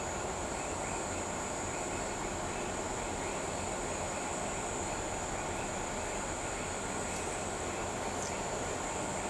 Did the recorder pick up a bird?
no